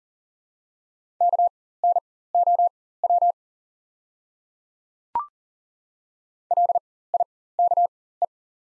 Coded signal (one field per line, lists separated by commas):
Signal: Morse code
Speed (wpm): 40 wpm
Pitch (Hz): 700 Hz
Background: none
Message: KNOW LIKE